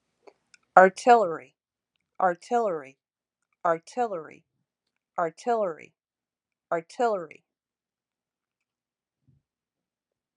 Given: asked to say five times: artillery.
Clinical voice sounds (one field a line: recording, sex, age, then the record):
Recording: repeated word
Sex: female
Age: 50 to 59 years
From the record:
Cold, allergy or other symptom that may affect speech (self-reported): no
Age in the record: 54 years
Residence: New York, United States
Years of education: 14